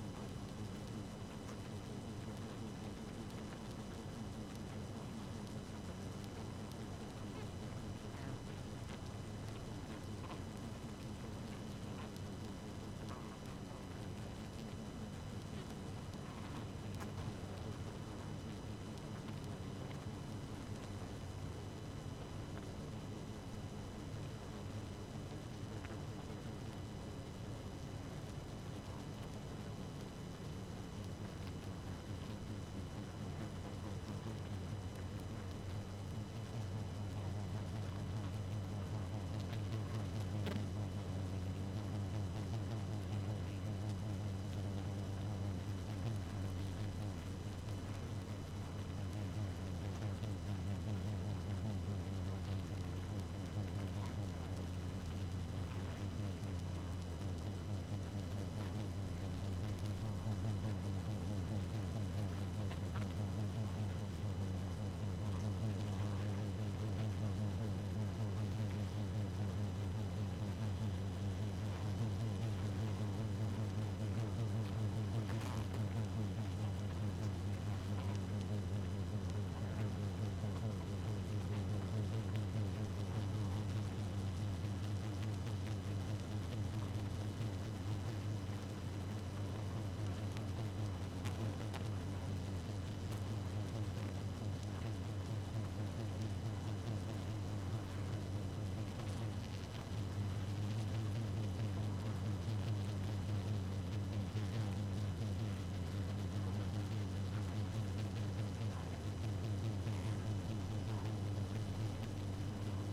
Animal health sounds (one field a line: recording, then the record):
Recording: honeybee colony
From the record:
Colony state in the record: active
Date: 12 June 2018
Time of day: 0:45